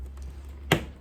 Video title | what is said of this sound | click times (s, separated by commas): Simple Motovlog Setup! | make sure it pops you heard it pop snap down so now | 0.7 s